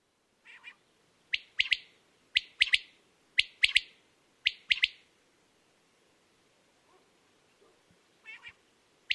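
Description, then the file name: Common quail calling a sharp three-note phrase, quick liquid notes repeated about once a second, with a few faint softer notes near the end. "vaktel"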